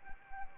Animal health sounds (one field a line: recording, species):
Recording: mosquito wingbeat signal from an infrared sensor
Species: Anopheles arabiensis